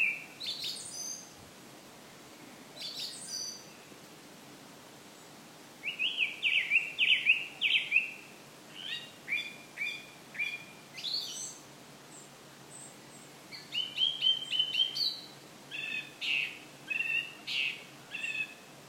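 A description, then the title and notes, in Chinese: Birds sing on an island, bright chirps and short trilled phrases coming in bursts, with a singer at about 6–8 seconds and again from 13 seconds on. A soft, steady outdoor hush runs underneath, with brief pauses between phrases. 爱尔兰凯里罗斯岛罗斯岛鸟儿的声音。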